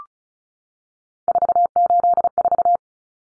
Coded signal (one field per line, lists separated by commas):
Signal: Morse code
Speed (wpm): 34 wpm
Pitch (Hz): 700 Hz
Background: none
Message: 484